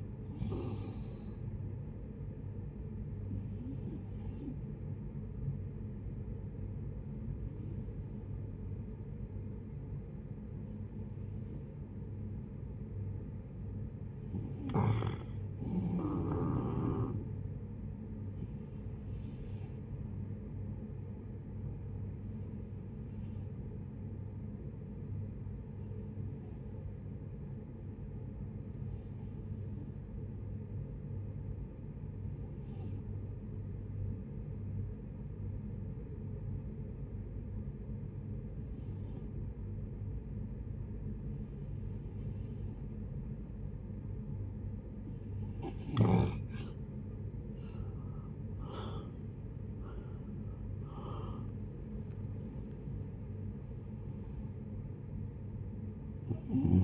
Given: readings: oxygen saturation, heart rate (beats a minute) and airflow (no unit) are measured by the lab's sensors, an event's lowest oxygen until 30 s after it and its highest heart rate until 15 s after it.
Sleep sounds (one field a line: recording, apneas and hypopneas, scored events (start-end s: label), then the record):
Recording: breathing in sleep by a smartphone at the bedside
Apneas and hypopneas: 2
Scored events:
3.00-14.40 s: hypopnea (N1, oxygen 90% highest, then 87% lowest, heart rate 81 at the start, 81 highest)
11.00-41.00 s: new sleep stage, REM sleep
23.00-45.90 s: hypopnea (REM, oxygen 94% highest, then 75% lowest, heart rate 76 at the start, 87 highest)
41.00-56.84 s: new sleep stage, N1 (lightest sleep)
From the record:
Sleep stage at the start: N1 (lightest sleep)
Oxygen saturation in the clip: 74 to 95%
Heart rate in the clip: 56 to 87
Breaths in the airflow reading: 15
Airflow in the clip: -13.3 to 14.4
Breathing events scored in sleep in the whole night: 496 in 5.4 hours asleep